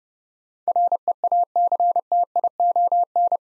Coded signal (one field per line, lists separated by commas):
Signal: Morse code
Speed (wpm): 28 wpm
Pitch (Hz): 700 Hz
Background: none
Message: REACTION